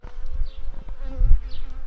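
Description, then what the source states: Shrill carder bee buzz, a continuous low droning hum with a faint steady higher tone, rising and falling in loudness. Workers.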